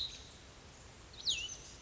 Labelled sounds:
Cassin's Vireo
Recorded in Sonoma County, California

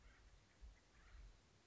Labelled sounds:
Acorn Woodpecker
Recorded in Sonoma County, California

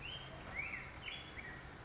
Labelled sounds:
Black-headed Grosbeak
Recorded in Sonoma County, California

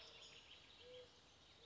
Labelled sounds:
Mourning Dove
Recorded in Sonoma County, California

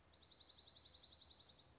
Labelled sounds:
Dark-eyed Junco
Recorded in Sonoma County, California

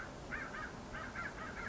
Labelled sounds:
American Crow
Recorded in Sonoma County, California

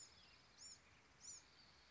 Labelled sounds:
Bewick's Wren
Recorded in Sonoma County, California

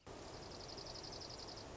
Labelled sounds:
Dark-eyed Junco
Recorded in Sonoma County, California

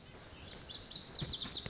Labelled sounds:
Lazuli Bunting
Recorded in Sonoma County, California

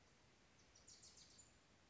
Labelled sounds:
Bewick's Wren
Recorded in Sonoma County, California

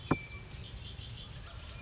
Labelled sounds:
Red-winged Blackbird
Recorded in Sonoma County, California

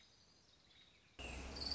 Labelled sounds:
Orange-crowned Warbler
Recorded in Sonoma County, California

